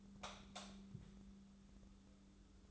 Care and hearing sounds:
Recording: daily activity, microphone in the room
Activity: light off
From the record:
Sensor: 3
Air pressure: 995.3 hPa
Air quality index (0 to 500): 81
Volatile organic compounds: 6 ppm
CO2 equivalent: 1933 ppm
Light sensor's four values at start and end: 11/30/12/12 and 9/21/9/8

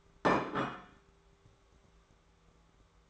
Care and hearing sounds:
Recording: daily activity, microphone in the room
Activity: place plate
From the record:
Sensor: 3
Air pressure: 1015.1 hPa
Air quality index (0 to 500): 209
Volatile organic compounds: 35 ppm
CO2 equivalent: 3051 ppm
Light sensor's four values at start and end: 27/66/29/31 and 28/68/30/32

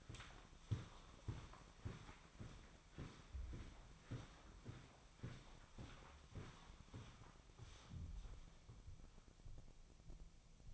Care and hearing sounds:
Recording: daily activity, microphone in the room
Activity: walk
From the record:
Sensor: 1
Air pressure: 1009.3 hPa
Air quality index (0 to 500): 187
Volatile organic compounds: 4 ppm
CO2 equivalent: 1580 ppm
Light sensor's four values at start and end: 51/138/56/69 and 51/137/56/69

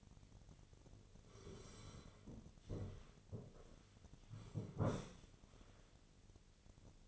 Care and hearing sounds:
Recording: daily activity, microphone in the room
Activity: sit down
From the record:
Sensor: 4

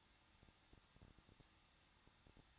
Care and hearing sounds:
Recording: daily activity, microphone in the room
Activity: no activity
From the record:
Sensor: 3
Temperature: 21.2 degrees Celsius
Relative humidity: 36.3%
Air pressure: 1006.4 hPa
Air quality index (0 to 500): 221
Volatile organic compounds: 40 ppm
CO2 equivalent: 3145 ppm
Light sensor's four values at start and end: 2/3/2/2 and 2/3/2/2

